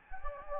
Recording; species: mosquito wingbeat signal from an infrared sensor; Anopheles gambiae